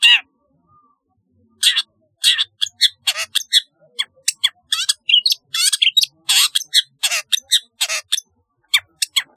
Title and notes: Kicau Burung Cendet